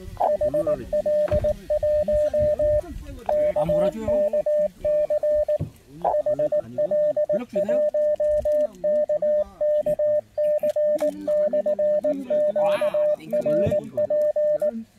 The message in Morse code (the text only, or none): HL1KKC HL1KKC/QRP